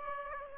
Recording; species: mosquito wingbeat signal from an infrared sensor; Aedes aegypti